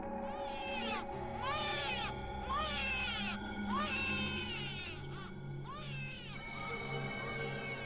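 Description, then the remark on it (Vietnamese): A newborn baby lying curled up and wriggling on a floor cries in a series of about six high, wavering wails, each rising and falling over a second or so, with short breaths between and a steady low hum underneath. “Đứa bé cứ nằm đó, bé tê tê, co ro, ngọ nguậy, rồi bất giác nó cất lên tiếng khóc.”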